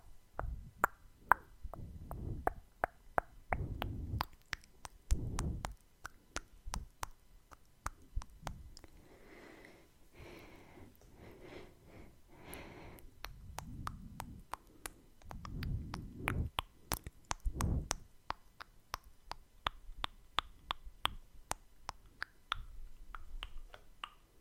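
ASMR mouth sounds: sharp tongue clicks and wet smacks pop out irregularly throughout, sometimes in quick clusters. Soft, low breathy rustles swell underneath, and around ten to thirteen seconds a few brighter, wetter kissing sounds stand out.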